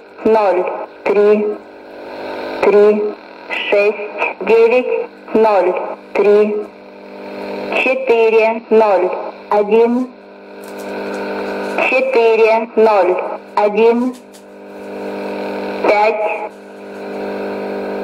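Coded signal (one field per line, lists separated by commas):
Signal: numbers station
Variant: S06s, Russian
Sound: female voice reading short spoken numbers in regular groups, with pauses between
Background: radio static and hum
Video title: 19 12 2019 S06s Russian Lady numbers station in Russian to Eu 0944 on 9540 unknown tx site USB+AM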